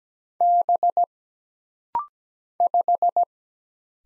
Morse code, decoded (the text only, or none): B 5